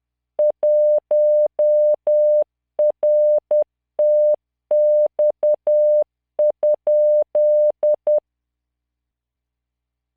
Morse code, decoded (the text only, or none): 1RTX?